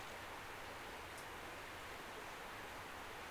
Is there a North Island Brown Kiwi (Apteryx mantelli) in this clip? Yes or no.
no